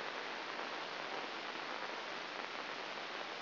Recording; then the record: brain microelectrode recording played as sound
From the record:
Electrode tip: inside the subthalamic nucleus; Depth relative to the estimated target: -1 mm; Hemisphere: right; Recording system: AlphaMap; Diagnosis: Parkinson's disease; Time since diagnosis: 11 years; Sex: female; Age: 60 years